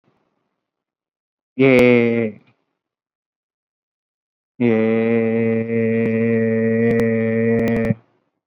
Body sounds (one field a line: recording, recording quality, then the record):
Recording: sustained vowel as in made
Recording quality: excellent, no background noise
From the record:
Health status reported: exposed to COVID-19, no respiratory illness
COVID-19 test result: negative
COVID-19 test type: RT-PCR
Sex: male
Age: 22 years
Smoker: no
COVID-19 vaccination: one dose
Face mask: worn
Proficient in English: yes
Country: India